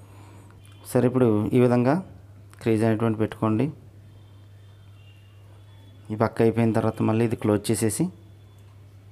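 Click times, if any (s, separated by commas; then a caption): none. A bearing seal cover is being closed back onto a ceiling fan ball bearing by hand after one side has been greased. Someone talks in bursts over a steady low hum, with two faint short ticks near 0.5 and 0.7 seconds. Nothing has seated or clicked yet.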